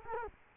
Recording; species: mosquito wingbeat signal from an infrared sensor; Culex quinquefasciatus